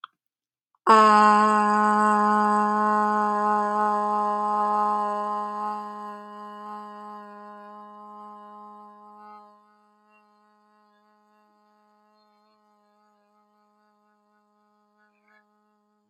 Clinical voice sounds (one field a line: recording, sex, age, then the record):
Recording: vowel held as long as possible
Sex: female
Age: 20 to 29 years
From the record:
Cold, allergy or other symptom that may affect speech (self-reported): no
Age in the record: 24 years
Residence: New Jersey, United States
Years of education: 16